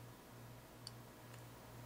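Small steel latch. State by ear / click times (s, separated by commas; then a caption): not seated / none. A screwdriver turns the steel magazine release lock counterclockwise in an RIA 1911 pistol frame, expecting a click. Over a steady low hum, only one brief, faint tick is heard near 0.9 s. No click comes, and nothing has clicked, but the lock turns out and its tension releases.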